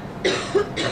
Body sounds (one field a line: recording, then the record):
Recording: coughing mixed with background sound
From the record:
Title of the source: female coughing - coughing sound effects girl